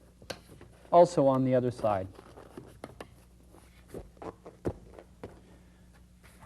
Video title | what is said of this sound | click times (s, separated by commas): Feathercraft K2 Double Folding Kayak | and forward there's a little spacer here that just pops into place | 0.3 s